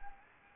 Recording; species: mosquito wingbeat signal from an infrared sensor; Anopheles arabiensis